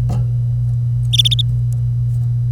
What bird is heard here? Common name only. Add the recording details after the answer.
Domestic Canary. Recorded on 25 April 2018 at 08:39. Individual llb3